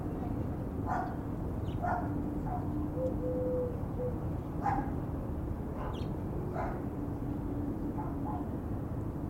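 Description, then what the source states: Dog giving several short barks, with a thin whistled tone in the middle and a steady low rumble throughout. Ambient scene with birds and dogs together.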